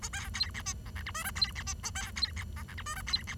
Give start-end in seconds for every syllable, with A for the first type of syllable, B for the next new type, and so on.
0.02-0.09 A, 0.13-0.29 B, 0.34-0.50 C, 0.54-0.62 D, 0.66-0.73 E, 0.86-0.90 F, 0.96-1.03 G, 1.06-1.11 H, 1.14-1.24 I, 1.24-1.31 J, 1.35-1.51 C, 1.55-1.63 D, 1.66-1.73 E, 1.83-1.90 A, 1.95-2.11 B, 2.16-2.32 C, 2.36-2.44 D, 2.56-2.63 F, 2.68-2.74 G, 2.77-2.83 H, 2.86-2.95 I, 2.96-3.02 J, 3.07-3.23 C, 3.27-3.35 D